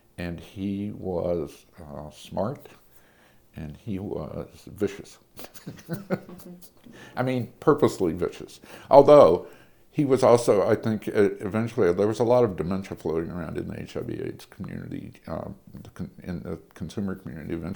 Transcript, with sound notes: And he was smart and he was vicious. [laughter] I mean, purposely vicious. Although he was also, I think, eventually—there was a lot of dementia floating around in the HIV/AIDS community, and the consumer community eventually.